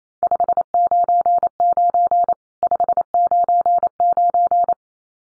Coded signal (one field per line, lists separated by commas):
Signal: Morse code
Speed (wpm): 28 wpm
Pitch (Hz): 700 Hz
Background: none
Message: 599 599